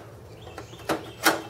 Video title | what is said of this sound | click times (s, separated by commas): Replacing an HP dc5750m CPU Coolling Fan | you'll hear kind of snap into place and they're right here alright | 1.3 s